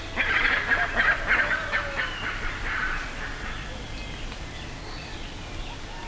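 Bird calls, loud honking bursts in the first three seconds, then quieter scattered notes with a few thin higher calls.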